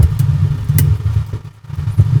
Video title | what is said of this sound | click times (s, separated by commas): How to fit Akari charging fan -- Akari 16” charging fan fitting video in Telugu -- #Akari #charging | door అయితే lock చేసేసాను door lock అయిపోయింది | 0.8 s